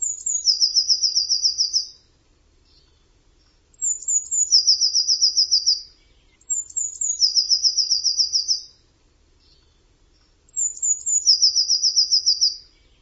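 Bird singing four times a few seconds apart, each phrase opening with short high notes and running into a rapid, uniform high trill over quiet background.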